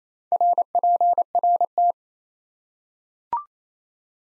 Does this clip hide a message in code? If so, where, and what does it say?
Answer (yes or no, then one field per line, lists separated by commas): yes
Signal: Morse code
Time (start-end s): 0.3-1.9 s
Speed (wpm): 27 wpm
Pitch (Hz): 700 Hz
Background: none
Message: RPRT